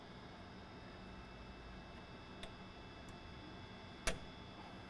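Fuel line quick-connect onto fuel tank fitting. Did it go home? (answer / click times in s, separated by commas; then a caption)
yes / 4.1 s. The second quick-connect fuel line is pushed onto the fitting of an S&B 45-gallon replacement fuel tank for a 2019-25 Mercedes Sprinter with a 144" or 170" wheelbase. A faint tick comes at 2.4 s, then a sharp snap at 4.1 s over a steady low hum. The connector is seated, and its safety clip is then fitted and it is pull-tested.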